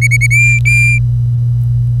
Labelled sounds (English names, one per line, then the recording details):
Domestic Canary song
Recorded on 25 April 2018 at 08:41
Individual llb3